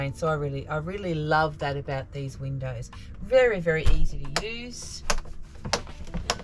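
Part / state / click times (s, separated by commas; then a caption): window latch on a caravan window frame / seated / 5.7 s, 6.3 s. Someone talks, then window latches on an Evernew RT1000 caravan window frame are flicked across, giving two sharp clicks at 5.7 s and 6.3 s as they seat. The many latches are there so the draft doesn't catch inside the window while driving and rip it off.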